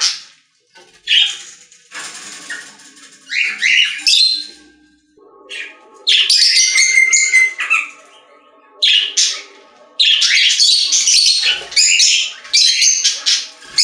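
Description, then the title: Budgerigar chattering in long buzzy, warbled stretches broken by short silences. "Budgie Sounds"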